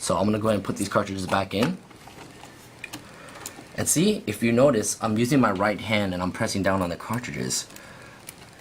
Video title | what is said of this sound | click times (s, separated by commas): Cách gắn hệ thống dẫn mực CIS vào máy in phun Epson | It seems like it's seating down in a place, but it's not making that click sound. | none